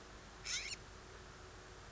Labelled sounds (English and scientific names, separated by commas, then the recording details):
California Scrub-Jay (Aphelocoma californica)
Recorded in Sonoma County, California